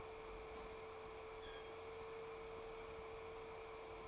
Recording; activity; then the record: daily activity, microphone in the room; open fridge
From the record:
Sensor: 1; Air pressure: 1015.0 hPa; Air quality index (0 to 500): 194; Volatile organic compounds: 22 ppm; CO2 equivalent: 2756 ppm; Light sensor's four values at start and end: 19/48/20/23 and 23/56/24/28